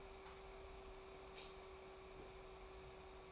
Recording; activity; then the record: daily activity, microphone in the room; light on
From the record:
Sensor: 1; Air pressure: 991.0 hPa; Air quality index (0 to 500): 108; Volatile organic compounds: 93 ppm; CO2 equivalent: 3705 ppm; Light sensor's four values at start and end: 22/51/22/24 and 26/66/27/29